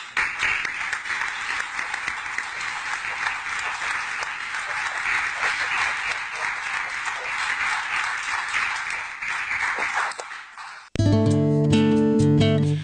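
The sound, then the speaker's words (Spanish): A crowd applauds steadily for about ten seconds, a dense wash of many hands clapping, then it cuts abruptly to a loud, bright burst of music with sustained tones. “Así hay que aplaudir a estos héroes.”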